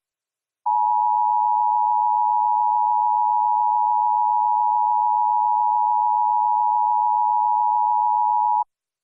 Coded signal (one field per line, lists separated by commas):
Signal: Emergency Alert System (SAME) tones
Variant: 853 and 960 Hz attention tone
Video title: EAS Mock: Kaiju Emergency Alert System Test [v2] Recreation